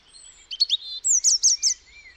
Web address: cianscape birddata Deverinetal 2025 Bird Only Er Ru